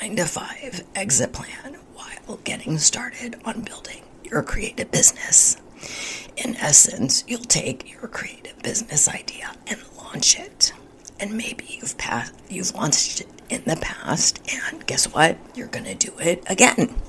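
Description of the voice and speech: An adult woman speaks with spasmodic dysphonia in connected speech. Her voice sounds hoarse, breathy and partly whispered, with frequent breaks in voicing.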